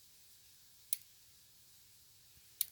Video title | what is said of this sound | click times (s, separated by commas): LS6 in V2 Form Neo Pixel Install! PART 1 | you're going to start to hear a little click. | 0.9 s, 2.6 s